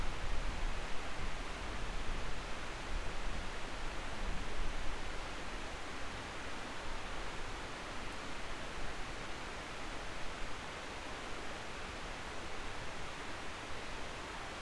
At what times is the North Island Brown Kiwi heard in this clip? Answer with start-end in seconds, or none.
none